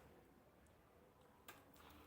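After a front-loading washing machine is powered off, a low steady background hum runs until the door lock switch on its door releases with a sharp click at 1.5 s. The interlock lets go, the lock sign goes off, and the door can then be opened.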